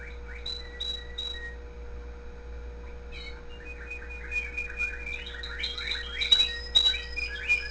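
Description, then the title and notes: Canary singing, starting with sparse thin notes and building into fast rolling trills with bright piercing whistles toward the end; constant low hum beneath. The owner's own canary. "mi canario. musica de fondo"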